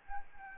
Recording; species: mosquito wingbeat signal from an infrared sensor; Anopheles gambiae